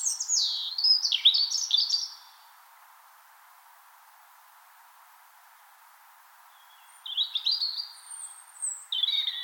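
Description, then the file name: European robin song: a cascading phrase of high whistles and falling notes, a long silent gap of about four and a half seconds, then another sweet, warbled phrase. Song on spring mornings, Finland. "Punarinta lauri hallikainen"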